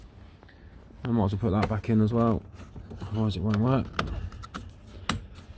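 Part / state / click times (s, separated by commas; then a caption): wiper stalk component into steering column housing / seated / 5.1 s. Someone talks while a part of a van's wiper stalk assembly (Vauxhall Vivaro / Renault Trafic / Nissan Primastar) is pushed back into the steering column housing. A few faint taps follow, then one sharp click at 5.1 s as the part clicks in and seats.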